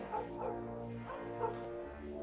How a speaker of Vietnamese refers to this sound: ở ngoài đường tiếng chó sủa rộn ràng. Những con chó của các nhà xung quanh cứ tranh nhau sủa ầm ĩ.